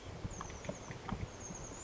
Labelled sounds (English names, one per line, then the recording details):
Chestnut-backed Chickadee
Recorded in Sonoma County, California